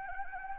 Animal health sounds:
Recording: mosquito wingbeat signal from an infrared sensor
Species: Anopheles gambiae

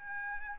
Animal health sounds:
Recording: mosquito wingbeat signal from an infrared sensor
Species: Aedes albopictus

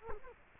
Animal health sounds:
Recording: mosquito wingbeat signal from an infrared sensor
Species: Culex quinquefasciatus

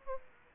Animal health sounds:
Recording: mosquito wingbeat signal from an infrared sensor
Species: Aedes aegypti

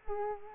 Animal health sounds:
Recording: mosquito wingbeat signal from an infrared sensor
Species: Culex quinquefasciatus

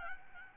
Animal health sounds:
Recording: mosquito wingbeat signal from an infrared sensor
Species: Aedes albopictus

